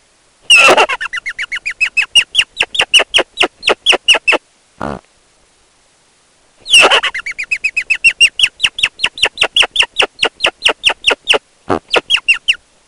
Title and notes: Klippegrevlingens sang by forskningno